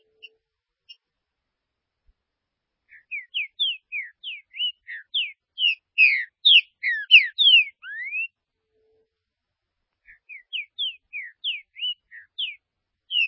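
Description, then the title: Green-winged saltator delivering a long, lively phrase of quick whistled notes that swell in loudness and end on a rising slur, then starting another phrase. "Trinca Ferro"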